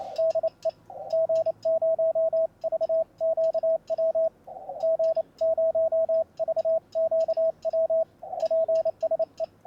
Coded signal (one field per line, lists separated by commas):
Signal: Morse code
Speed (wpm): 26 wpm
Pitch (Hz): 650 Hz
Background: radio noise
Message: DE G0VQW G0VQW PSE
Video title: Testing a home Brew Elevated Vertical Antenna on the air using CW, other antennas here. The Shack